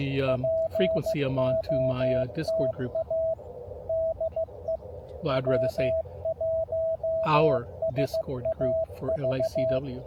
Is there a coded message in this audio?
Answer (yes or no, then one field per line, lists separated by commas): yes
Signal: Morse code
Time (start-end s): 0.3-9.8 s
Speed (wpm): 16 wpm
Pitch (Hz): 650 Hz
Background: speech, radio noise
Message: POTA DE W1SAV